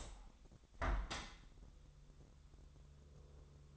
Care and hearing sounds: daily activity, microphone in the room; open window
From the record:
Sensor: 3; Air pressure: 1014.9 hPa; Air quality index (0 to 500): 74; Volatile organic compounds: 2 ppm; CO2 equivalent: 992 ppm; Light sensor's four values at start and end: 9/22/9/9 and 10/23/9/9

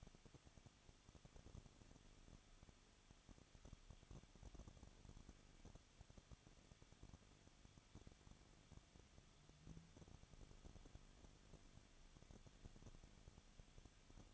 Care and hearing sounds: daily activity, microphone in the room; no activity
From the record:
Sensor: 4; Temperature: 23.0 degrees Celsius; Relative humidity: 34.3%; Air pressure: 1007.2 hPa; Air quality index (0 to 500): 218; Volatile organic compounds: 16 ppm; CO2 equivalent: 2523 ppm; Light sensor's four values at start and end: 2/3/1/1 and 2/3/1/1

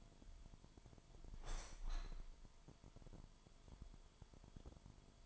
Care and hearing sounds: daily activity, microphone in the room; open window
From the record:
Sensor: 5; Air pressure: 998.0 hPa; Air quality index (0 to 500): 98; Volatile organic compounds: 2 ppm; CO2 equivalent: 1114 ppm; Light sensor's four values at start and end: 27/65/27/29 and 27/64/27/29

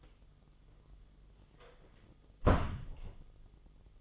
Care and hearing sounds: daily activity, microphone in the room; close door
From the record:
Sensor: 4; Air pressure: 1005.8 hPa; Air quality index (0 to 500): 74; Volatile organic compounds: 1 ppm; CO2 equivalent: 899 ppm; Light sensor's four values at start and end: 13/29/11/11 and 13/30/12/11

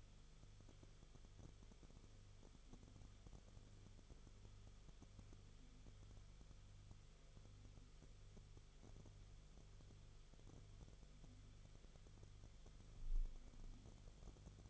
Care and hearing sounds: daily activity, microphone in the room; no activity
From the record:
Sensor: 4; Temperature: 22.9 degrees Celsius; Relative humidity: 34.4%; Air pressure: 1011.5 hPa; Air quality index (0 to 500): 193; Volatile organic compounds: 13 ppm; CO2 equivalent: 2388 ppm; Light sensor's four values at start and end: 2/3/1/1 and 2/3/1/1

